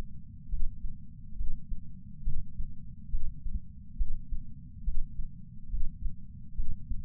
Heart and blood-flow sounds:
heart sounds by patch sensor on the chest; 69 bpm
0.49 s: heartbeat
1.37 s: heartbeat
2.23 s: heartbeat
3.10 s: heartbeat
3.97 s: heartbeat
4.84 s: heartbeat
5.70 s: heartbeat
6.56 s: heartbeat
From the record:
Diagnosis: coronary artery disease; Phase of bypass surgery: preoperative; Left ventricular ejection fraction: 65.2%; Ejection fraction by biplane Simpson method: 56.6%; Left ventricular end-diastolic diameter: 45 mm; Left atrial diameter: 34 mm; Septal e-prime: 5.7 cm/s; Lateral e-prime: 8.2 cm/s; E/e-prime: 7.6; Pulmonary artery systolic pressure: 21 mmHg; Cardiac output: 6.8 L/min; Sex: male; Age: 69 years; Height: 174 cm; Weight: 79 kg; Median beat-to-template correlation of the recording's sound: 0.95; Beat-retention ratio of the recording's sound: 0.99

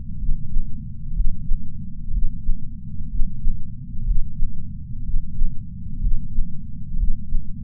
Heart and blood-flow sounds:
heart sounds by patch sensor on the chest; 62 bpm
0.17 s: heartbeat
1.12 s: heartbeat
2.10 s: heartbeat
3.07 s: heartbeat
4.03 s: heartbeat
5.02 s: heartbeat
5.99 s: heartbeat
6.96 s: heartbeat
From the record:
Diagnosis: coronary artery disease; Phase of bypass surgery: preoperative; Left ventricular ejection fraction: 49.5%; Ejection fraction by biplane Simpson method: 47.8%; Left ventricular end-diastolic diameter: 60 mm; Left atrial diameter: 43 mm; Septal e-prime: 5 cm/s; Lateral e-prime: 6.6 cm/s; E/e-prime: 10.3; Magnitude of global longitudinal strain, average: 15.5%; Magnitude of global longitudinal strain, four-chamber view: 15.2%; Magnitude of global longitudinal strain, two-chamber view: 16.5%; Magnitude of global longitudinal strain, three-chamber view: 14.7%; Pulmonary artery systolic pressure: 27 mmHg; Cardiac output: 5.6 L/min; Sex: male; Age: 57 years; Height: 175 cm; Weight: 71 kg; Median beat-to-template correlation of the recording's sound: 0.89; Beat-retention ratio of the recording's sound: 0.99

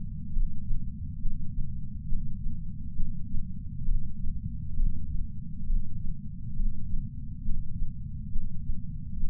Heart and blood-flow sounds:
heart sounds by patch sensor on the chest; 68 bpm
0.34 s: heartbeat
1.22 s: heartbeat
2.09 s: heartbeat
2.97 s: heartbeat
3.86 s: heartbeat
4.76 s: heartbeat
5.67 s: heartbeat
6.57 s: heartbeat
7.46 s: heartbeat
8.32 s: heartbeat
9.20 s: heartbeat
From the record:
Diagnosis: coronary artery disease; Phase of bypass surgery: preoperative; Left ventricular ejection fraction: 50.2%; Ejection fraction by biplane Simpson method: 54%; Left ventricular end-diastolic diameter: 54 mm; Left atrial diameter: 42 mm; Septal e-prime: 4.1 cm/s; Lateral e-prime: 7.1 cm/s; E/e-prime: 7.2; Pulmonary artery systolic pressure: 19 mmHg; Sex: male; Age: 60 years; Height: 170 cm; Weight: 103 kg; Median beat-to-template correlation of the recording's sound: 0.82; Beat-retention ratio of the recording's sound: 0.99

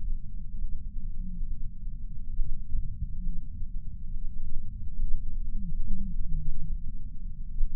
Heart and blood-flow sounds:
heart sounds by patch sensor on the chest; 69 bpm
0.57 s: heartbeat
1.45 s: heartbeat
2.34 s: heartbeat
3.21 s: heartbeat
4.09 s: heartbeat
4.97 s: heartbeat
5.82 s: heartbeat
6.70 s: heartbeat
7.56 s: heartbeat
From the record:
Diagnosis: coronary artery disease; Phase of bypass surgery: preoperative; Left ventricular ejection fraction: 52.3%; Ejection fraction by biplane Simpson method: 38%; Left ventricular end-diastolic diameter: 62 mm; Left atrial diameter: 45 mm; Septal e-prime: 4 cm/s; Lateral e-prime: 7 cm/s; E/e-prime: 12.2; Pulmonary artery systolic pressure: 24 mmHg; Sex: male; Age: 61 years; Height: 174 cm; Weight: 80 kg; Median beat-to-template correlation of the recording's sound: 0.91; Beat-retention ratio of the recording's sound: 0.97

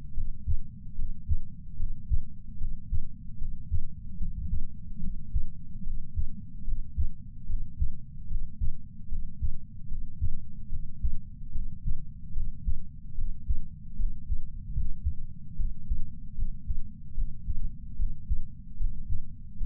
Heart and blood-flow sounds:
heart sounds by patch sensor on the chest; 74 bpm
0.14 s: heartbeat
0.95 s: heartbeat
1.77 s: heartbeat
2.58 s: heartbeat
3.38 s: heartbeat
4.18 s: heartbeat
5.00 s: heartbeat
5.84 s: heartbeat
6.65 s: heartbeat
7.47 s: heartbeat
8.28 s: heartbeat
9.09 s: heartbeat
9.88 s: heartbeat
10.70 s: heartbeat
11.52 s: heartbeat
12.33 s: heartbeat
13.15 s: heartbeat
13.96 s: heartbeat
14.72 s: heartbeat
15.56 s: heartbeat
16.35 s: heartbeat
17.15 s: heartbeat
17.96 s: heartbeat
18.77 s: heartbeat
19.58 s: heartbeat
From the record:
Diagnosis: coronary artery disease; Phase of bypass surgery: intraoperative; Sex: male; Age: 69 years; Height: 165 cm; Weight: 60 kg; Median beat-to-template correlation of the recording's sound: 0.76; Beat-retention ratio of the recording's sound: 0.99

